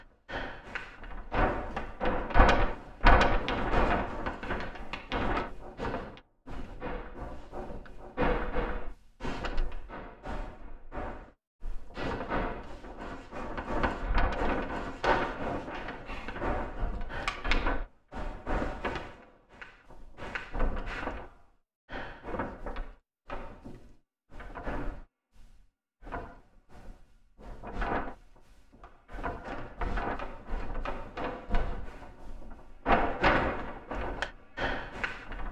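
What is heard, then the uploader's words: Processed Tyvek flaps in dense, crackling bursts with low thuds, broken by abrupt silences every few seconds, full-bodied throughout. Flapping Tyvek processed in a variety of ways.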